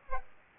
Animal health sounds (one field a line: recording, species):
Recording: mosquito wingbeat signal from an infrared sensor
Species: Aedes aegypti